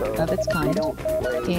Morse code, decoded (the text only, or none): HAD